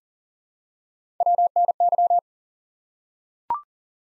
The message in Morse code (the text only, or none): WNY